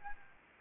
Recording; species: mosquito wingbeat signal from an infrared sensor; Aedes aegypti